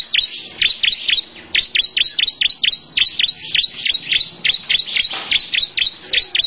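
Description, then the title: Lovebird song of quick, piercing chirps in an almost unbroken, rhythmic stream. Long "ngekek panjang" song. "Audio Lovebird Ngekek Panjang Ciblek"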